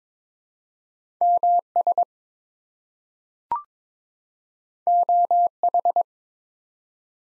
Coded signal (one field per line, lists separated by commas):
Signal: Morse code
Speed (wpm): 22 wpm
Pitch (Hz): 700 Hz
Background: none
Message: MS OH